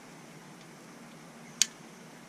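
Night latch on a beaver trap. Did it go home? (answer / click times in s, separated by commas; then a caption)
yes / 1.6 s. The night latch on a beaver trap is reset, and a single sharp metallic click sounds at 1.6 s against a quiet, steady background. The latch clicks into its set position.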